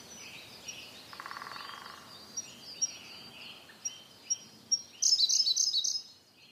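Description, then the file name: Siberian blue robin song: soft high ticks, then a loud, rapid rattled trill, with a brief low buzzing sound early on. "koruri"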